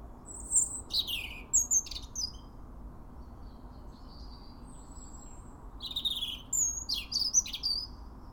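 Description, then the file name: European robin song, high liquid phrases of thin whistles and rapid trills, a pause, then another varied sweet phrase. "Erithacus rubecula"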